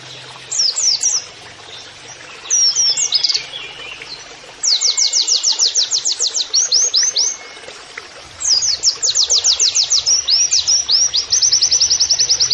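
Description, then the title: White-eye giving bursts of fast, high, downslurred trilled notes, some short and some lasting a few seconds, with quieter gaps between. Song with canary-like phrases, used as masteran training audio for white-eyes. "Pleci Gacor. MASTERAN PLECI NEMBAK KENARIAN"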